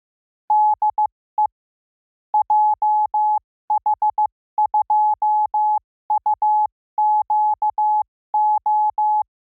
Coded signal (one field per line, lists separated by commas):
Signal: Morse code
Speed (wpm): 15 wpm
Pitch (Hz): 850 Hz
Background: none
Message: DE JH2UQO